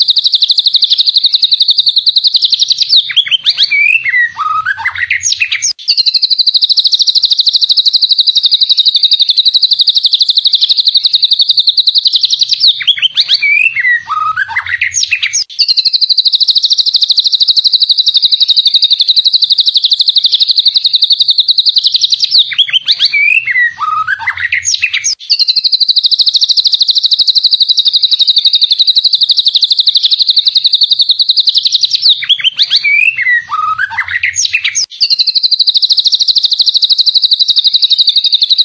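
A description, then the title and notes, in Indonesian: Murai batu bird sounds: a constant high, shrill trill, broken about every ten seconds by quick falling whistles and a faint low hum. Masteran Murai Batu. Suara burung.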